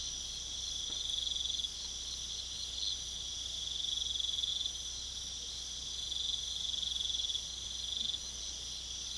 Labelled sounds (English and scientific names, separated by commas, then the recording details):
none
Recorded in pastures near Puerto Asís, Putumayo, Colombia, on 21 December 2024 at 22:30
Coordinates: 0.486, -76.323
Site GP01